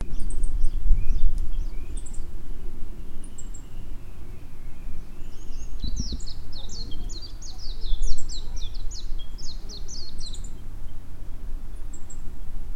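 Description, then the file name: Warbling white-eye song: a quick run of high, thin, twittering notes tumbling together midway, with scattered chirps before it over steady low rumbling background noise. "mejiro"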